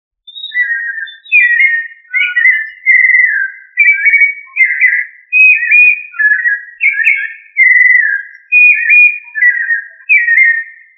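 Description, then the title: Thrush song: a steady string of clear, slurred and warbling whistled phrases following one another almost without pause in a quiet background. "Familia Turdidae - Sabia"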